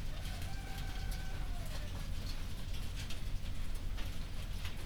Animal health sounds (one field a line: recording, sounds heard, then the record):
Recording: poultry house recording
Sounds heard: healthy chickens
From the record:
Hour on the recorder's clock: 0